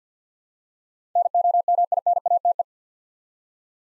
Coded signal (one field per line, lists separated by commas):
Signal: Morse code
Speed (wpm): 50 wpm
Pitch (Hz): 700 Hz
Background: none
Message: NOMINATE